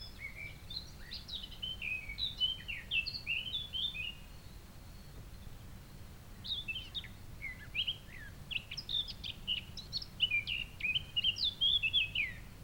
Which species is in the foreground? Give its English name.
Eurasian Blackcap